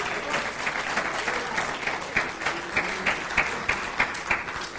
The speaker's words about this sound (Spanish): La misericordia de Dios es para siempre. Dale un aplauso a nuestro Dios, hermano.